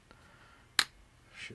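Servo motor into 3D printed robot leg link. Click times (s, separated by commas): 0.8 s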